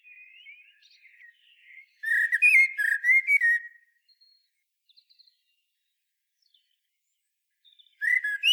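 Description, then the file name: Common blackbird song: soft warbling start, then a loud run of fluty whistles and twitters for about two seconds, silence, and a fresh loud phrase at the end. "Turdus merula"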